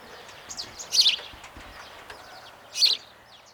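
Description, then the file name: House sparrow calls, a quick bright chirp near one second and another almost two seconds later, over a steady background hiss. "Passer domesticus"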